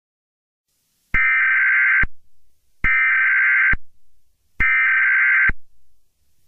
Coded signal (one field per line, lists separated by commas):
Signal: Emergency Alert System (SAME) tones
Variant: header bursts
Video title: Yellowstone Eruption [EAS SCENARIO]